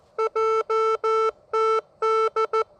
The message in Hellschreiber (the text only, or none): none